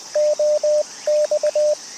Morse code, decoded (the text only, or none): OX